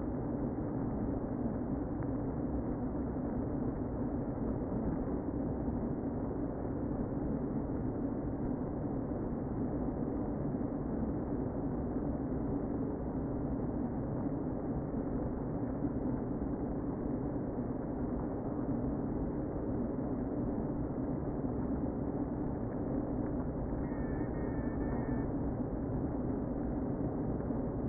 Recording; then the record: honeybee colony, microphone inside the hive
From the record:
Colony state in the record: queen present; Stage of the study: before two queens were removed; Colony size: about 60,000 bees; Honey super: yes